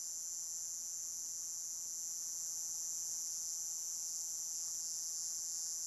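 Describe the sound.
Cicada drone, a steady high-pitched buzzing hiss that holds without break through the whole stretch, with no other clear sounds.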